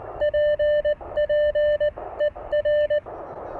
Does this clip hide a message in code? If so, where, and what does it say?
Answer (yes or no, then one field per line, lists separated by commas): yes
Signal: Morse code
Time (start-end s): 0.2-3.0 s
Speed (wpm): 19 wpm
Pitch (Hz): 600 Hz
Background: radio noise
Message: PPER